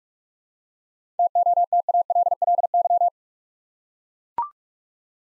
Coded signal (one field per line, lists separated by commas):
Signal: Morse code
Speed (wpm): 44 wpm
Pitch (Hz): 700 Hz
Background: none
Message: TOTALLY